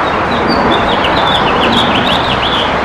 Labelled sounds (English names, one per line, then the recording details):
House Finch song
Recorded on Long Island, New York, on 15 June 2012
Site WI
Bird A